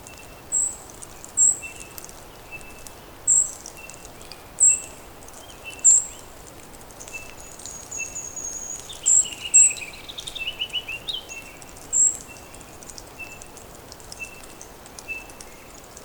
Golden-crowned Kinglet call recorded on the Hollowell Park Trail in Rocky Mountain National Park.